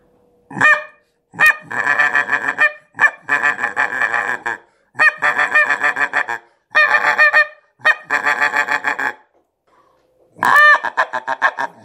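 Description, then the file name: Greylag goose honking in loud bursts of rapid, nasal, repeated notes, several bouts separated by short pauses, with a brief quiet gap near the end. "серый-гусь"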